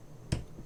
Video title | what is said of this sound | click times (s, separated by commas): How to Replace Carburetor, Fuel Lines, and Spark Plugs - Echo SRM-210 [Complete Guide] | you heard it click so it's done doesn't take much | 0.3 s